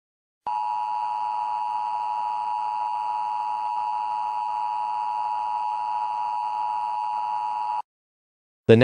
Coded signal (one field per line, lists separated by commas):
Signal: Emergency Alert System (SAME) tones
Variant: 853 and 960 Hz attention tone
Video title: Angry EAS: Tornado Warning